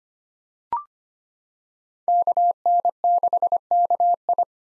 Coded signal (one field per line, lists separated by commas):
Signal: Morse code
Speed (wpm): 25 wpm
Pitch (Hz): 700 Hz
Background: none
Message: KN6KI